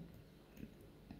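A punch needle is set to its longest height setting by twisting the shaft and pushing it back into its adjustable height sleeve. Low rustling handling noise runs through the clip, and a brief, faint click is heard at 1.1 s as the setting seats into place.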